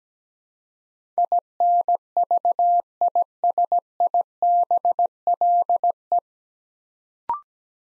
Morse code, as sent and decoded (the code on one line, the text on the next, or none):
.. -. ...- .. ... .. -... .-.. .
INVISIBLE